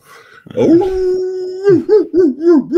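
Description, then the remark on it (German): A dog howls alone: one long, steady, high-pitched note, then a run of four or five shorter wavering cries that rise and fall, sounding loud and insistent. “Auf den Hund gekommen.”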